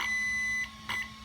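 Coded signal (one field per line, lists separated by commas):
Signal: beep code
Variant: Hobbywing ESC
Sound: a long high beep, then a short high beep, over steady electronic whine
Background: electrical hum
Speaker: if i push it again it's gonna make one long beep following one short beep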